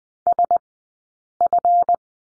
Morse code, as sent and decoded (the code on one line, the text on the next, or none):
... ..-.
SF